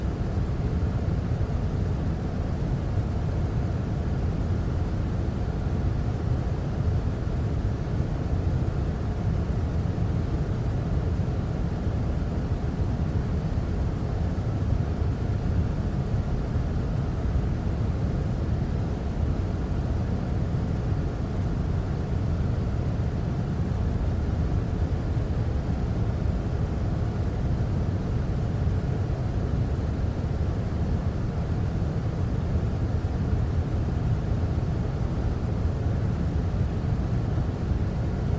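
A steady machine-made noise runs unbroken for the whole clip, heavy and rumbling in the lows with a softer hiss above. The level never changes and no separate events stand out, giving a dense, constant wash like an engine drone.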